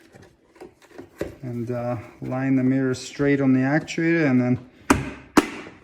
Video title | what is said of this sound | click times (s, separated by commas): 2010-2015 Lexus Rx350 Rx450h Door Mirror Housing Complete Disassembly And Repair Instructions | press on it until it clicks and then check it | 4.9 s